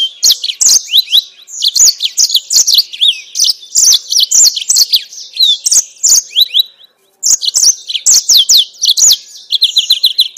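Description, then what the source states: Yellow-fronted canary delivering rapid high twittering song with quick downward-sliding whistles and trills, pausing briefly near seven seconds before resuming. Mozambique singer used for training captive birds.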